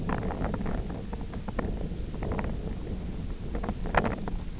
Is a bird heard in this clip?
no